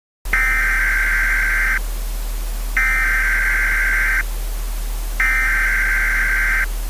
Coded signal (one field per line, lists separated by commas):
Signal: Emergency Alert System (SAME) tones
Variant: header bursts